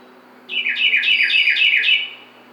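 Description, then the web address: Carolina wren song: one quick burst of six or seven rich, rolling, downslurred whistled notes lasting about a second and a half. Recorded 12 June 2009. "Carolina Wren 2009 06 12"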